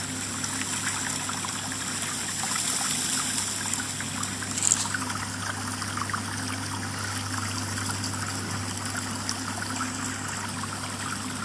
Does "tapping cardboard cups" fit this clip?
no